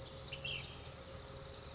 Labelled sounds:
Ash-throated Flycatcher (Myiarchus cinerascens)
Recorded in Sonoma County, California

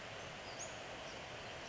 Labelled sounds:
Western Flycatcher (Empidonax difficilis)
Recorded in Sonoma County, California

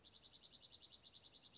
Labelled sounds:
Dark-eyed Junco (Junco hyemalis)
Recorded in Sonoma County, California

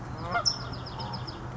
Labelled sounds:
California Towhee (Melozone crissalis)
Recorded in Sonoma County, California

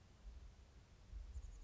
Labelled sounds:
Chestnut-backed Chickadee (Poecile rufescens)
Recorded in Sonoma County, California

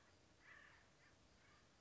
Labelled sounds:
Acorn Woodpecker (Melanerpes formicivorus)
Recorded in Sonoma County, California

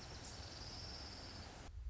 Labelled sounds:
Orange-crowned Warbler (Leiothlypis celata)
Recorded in Sonoma County, California

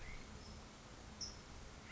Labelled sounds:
California Towhee (Melozone crissalis)
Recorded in Sonoma County, California

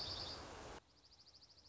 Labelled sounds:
Dark-eyed Junco (Junco hyemalis)
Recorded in Sonoma County, California

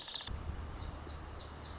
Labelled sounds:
Lazuli Bunting (Passerina amoena)
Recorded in Sonoma County, California

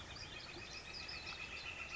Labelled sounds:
Northern Flicker (Colaptes auratus)
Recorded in Sonoma County, California

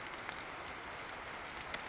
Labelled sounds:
Western Flycatcher (Empidonax difficilis)
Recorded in Sonoma County, California

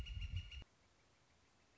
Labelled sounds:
Northern Flicker (Colaptes auratus)
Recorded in Sonoma County, California

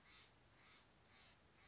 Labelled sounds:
Steller's Jay (Cyanocitta stelleri)
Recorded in Sonoma County, California

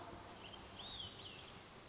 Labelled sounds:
Olive-sided Flycatcher (Contopus cooperi)
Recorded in Sonoma County, California

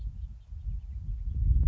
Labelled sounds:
House Finch (Haemorhous mexicanus)
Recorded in Sonoma County, California

